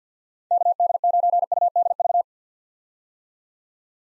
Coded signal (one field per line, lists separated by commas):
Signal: Morse code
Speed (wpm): 50 wpm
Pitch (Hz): 700 Hz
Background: none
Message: KD9UDV